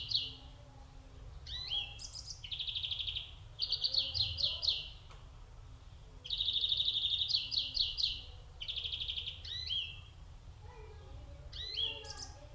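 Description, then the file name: European greenfinch pouring out fast twittering trills and rattles with occasional higher chirps, nearly continuous song, softer twitters in the background. "Chloris chloris"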